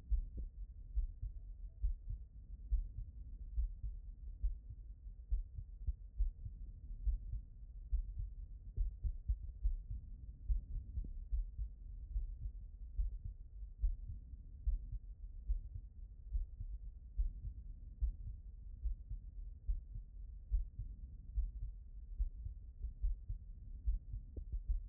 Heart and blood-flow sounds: heart sounds by stethoscope; aortic valve (AV)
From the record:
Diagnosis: non-HFrEF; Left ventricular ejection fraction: 55%

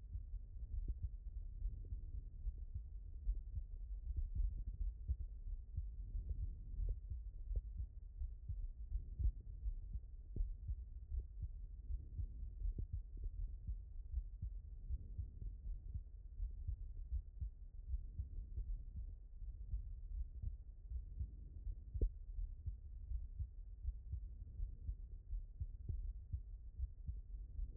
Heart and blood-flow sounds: heart sounds by stethoscope; aortic valve (AV)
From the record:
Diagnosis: non-HFrEF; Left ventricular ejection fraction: 67%

